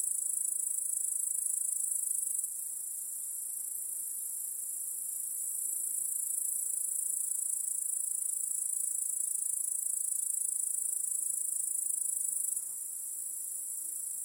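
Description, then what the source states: Crickets form a continuous high ringing chorus that dips slightly in loudness twice but never stops. Cricket chorus in a home backyard at night.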